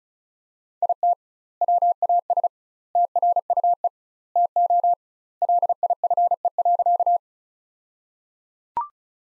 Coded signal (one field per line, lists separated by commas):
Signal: Morse code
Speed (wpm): 34 wpm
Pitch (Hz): 700 Hz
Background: none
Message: IT WAS TRUE TO LIFE.